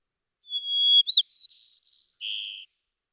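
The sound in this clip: White-crowned sparrow giving one song: held whistle, brief up-down note, high buzzy trills and a final lower buzz, lasting about two seconds.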